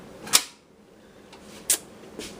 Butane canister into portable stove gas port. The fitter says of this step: and then shut it push down the lever and that pulls the can forward this way and locks it into the